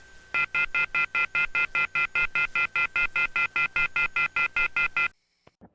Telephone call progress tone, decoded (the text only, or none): off-hook warning tone